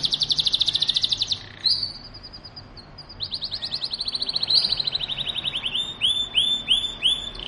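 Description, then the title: Belgian canary song: a fast, high buzzy trill of rapid repeated notes, a brief pause, a second rolling trill, then slower looping whistled notes repeated about twice a second. Belgian canary breed; song meant to warm up and stimulate canaries to sing, described as the sound of a mating canary. "Canto Para Esquentar Canário Belga. suara kenari kawin"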